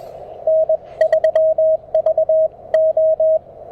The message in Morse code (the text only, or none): N3VO